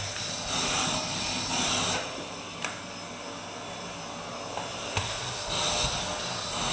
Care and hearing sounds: daily activity, microphone in the room; vacuum cleaning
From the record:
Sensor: 2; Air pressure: 1001.8 hPa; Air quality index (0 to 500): 248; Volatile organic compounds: 39 ppm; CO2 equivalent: 3130 ppm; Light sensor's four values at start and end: 8/27/10/10 and 8/27/10/10

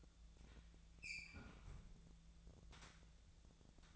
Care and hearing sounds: daily activity, microphone in the room; close fridge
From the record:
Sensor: 3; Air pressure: 1000.1 hPa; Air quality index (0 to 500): 131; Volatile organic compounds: 2 ppm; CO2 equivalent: 1168 ppm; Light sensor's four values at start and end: 43/109/46/51 and 43/109/46/51

